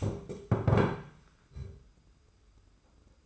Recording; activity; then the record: daily activity, microphone in the room; stand up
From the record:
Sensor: 2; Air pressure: 991.5 hPa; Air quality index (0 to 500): 169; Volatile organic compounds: 1000 ppm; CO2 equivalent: 5449 ppm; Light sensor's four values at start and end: 28/87/34/32 and 26/81/32/30